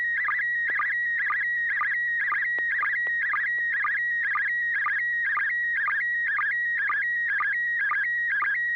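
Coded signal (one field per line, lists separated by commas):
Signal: SSTV (slow-scan television)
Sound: steady high whistle broken by quick regular chirpy warbles, roughly two per second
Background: low hum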